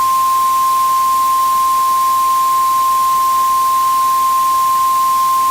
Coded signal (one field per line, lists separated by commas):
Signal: Emergency Alert System (SAME) tones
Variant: 1050 Hz attention tone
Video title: EAs required monthly test 2014